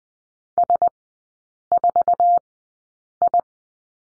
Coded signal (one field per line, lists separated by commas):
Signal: Morse code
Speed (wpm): 20 wpm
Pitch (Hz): 700 Hz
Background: none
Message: S4I